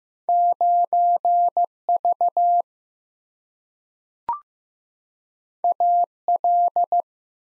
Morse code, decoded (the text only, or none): 9 V A L